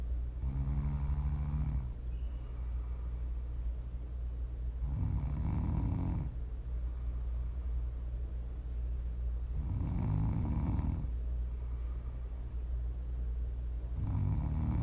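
Four low, buzzing snores from a sleeping adult about every five seconds, roughly 13 breaths a minute, over a steady low hum: ordinary sleep snoring, offered as ASMR to sleep or relax to.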